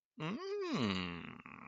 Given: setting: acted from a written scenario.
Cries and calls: vocal sound without words; interest

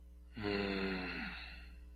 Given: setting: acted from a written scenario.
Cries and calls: vocal sound without words; contempt

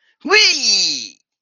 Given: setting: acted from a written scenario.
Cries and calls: vocal sound without words; pride

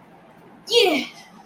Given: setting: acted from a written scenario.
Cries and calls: vocal sound without words; pride

